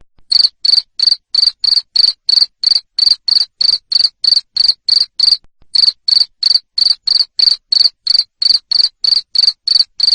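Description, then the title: Persistent cricket chirping, bright high pulses at about three per second, one brief pause midway. Loud cricket chirping used to stimulate lovebirds to sing continuously. "Suara JANGKRIK NGERIK Keras Bikin LOVEBIRD Jadi NGEKEK Terus Vubey"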